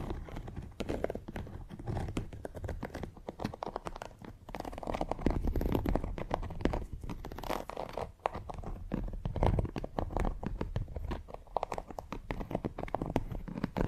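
Fingernails scratch textured leather in dense, continuous rasping strokes with crinkly, crunchy grit, briefly pausing around eight seconds before resuming.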